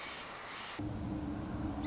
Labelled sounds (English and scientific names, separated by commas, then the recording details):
Song Sparrow (Melospiza melodia)
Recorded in Sonoma County, California